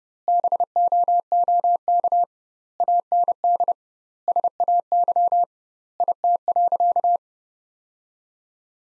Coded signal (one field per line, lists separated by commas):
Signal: Morse code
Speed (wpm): 30 wpm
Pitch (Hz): 700 Hz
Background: none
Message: BOOK AND SAY IT.